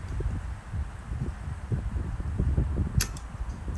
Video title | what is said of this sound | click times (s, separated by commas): How to Remove and Install Windshield Wipers.EASY!!! | until it clicks into place | 3.0 s